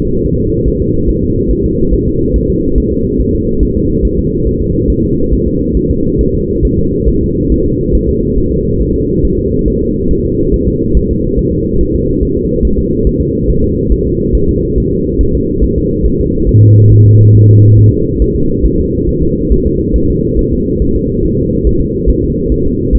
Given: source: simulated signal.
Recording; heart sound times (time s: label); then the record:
fetal heart sounds
0.26 s: S1
0.40 s: S2
0.68 s: S1
0.82 s: S2
1.10 s: S1
1.24 s: S2
1.51 s: S1
1.66 s: S2
1.94 s: S1
2.08 s: S2
2.36 s: S1
2.50 s: S2
2.78 s: S1
2.92 s: S2
3.21 s: S1
3.35 s: S2
3.63 s: S1
3.77 s: S2
4.05 s: S1
4.19 s: S2
4.47 s: S1
4.62 s: S2
4.90 s: S1
5.04 s: S2
5.33 s: S1
5.48 s: S2
5.77 s: S1
5.91 s: S2
6.21 s: S1
6.35 s: S2
6.65 s: S1
6.79 s: S2
7.09 s: S1
7.23 s: S2
7.52 s: S1
7.66 s: S2
7.95 s: S1
8.09 s: S2
8.38 s: S1
8.53 s: S2
8.81 s: S1
8.96 s: S2
9.25 s: S1
9.39 s: S2
9.68 s: S1
9.82 s: S2
10.11 s: S1
10.25 s: S2
10.54 s: S1
10.68 s: S2
10.97 s: S1
11.11 s: S2
11.39 s: S1
11.53 s: S2
11.81 s: S1
11.95 s: S2
12.23 s: S1
12.37 s: S2
12.65 s: S1
12.79 s: S2
13.07 s: S1
13.21 s: S2
13.50 s: S1
13.64 s: S2
13.92 s: S1
14.06 s: S2
14.35 s: S1
14.49 s: S2
14.78 s: S1
14.92 s: S2
15.21 s: S1
15.35 s: S2
15.64 s: S1
15.78 s: S2
16.06 s: S1
16.21 s: S2
16.49 s: S1
16.63 s: S2
16.92 s: S1
17.06 s: S2
17.36 s: S1
17.50 s: S2
17.79 s: S1
17.93 s: S2
18.22 s: S1
18.36 s: S2
18.66 s: S1
18.80 s: S2
19.09 s: S1
19.23 s: S2
19.52 s: S1
19.67 s: S2
19.96 s: S1
20.10 s: S2
20.39 s: S1
20.53 s: S2
20.82 s: S1
20.96 s: S2
21.25 s: S1
21.39 s: S2
21.67 s: S1
21.81 s: S2
22.10 s: S1
22.24 s: S2
22.52 s: S1
22.66 s: S2
22.95 s: S1
From the record:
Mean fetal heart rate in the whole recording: 140 bpm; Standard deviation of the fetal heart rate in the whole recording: 2 bpm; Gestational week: 34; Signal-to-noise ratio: -15.3 dB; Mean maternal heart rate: 72 bpm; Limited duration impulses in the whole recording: present